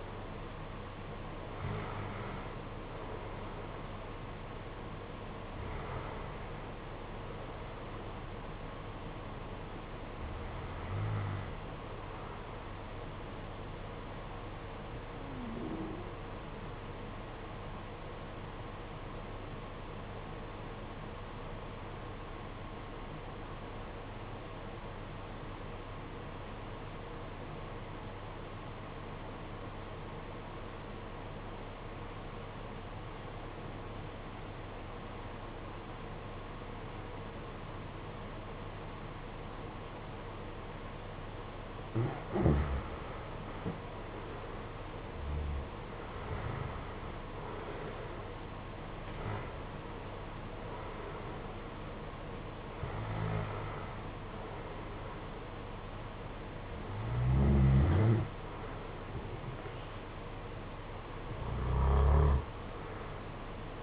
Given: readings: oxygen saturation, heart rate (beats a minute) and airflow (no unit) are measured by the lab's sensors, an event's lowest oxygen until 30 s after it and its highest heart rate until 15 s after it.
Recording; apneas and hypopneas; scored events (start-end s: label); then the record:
breathing in sleep by a voice recorder at the bedside; 1
21.00-43.10 s: obstructive apnea (REM, oxygen 96% highest, then 79% lowest, heart rate 51 at the start, 66 highest)
From the record:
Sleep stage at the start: REM sleep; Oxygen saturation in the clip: 77 to 96%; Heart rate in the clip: 48 to 74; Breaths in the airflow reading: 10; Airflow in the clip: -15.4 to 10.9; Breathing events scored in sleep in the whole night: 476 in 9.7 hours asleep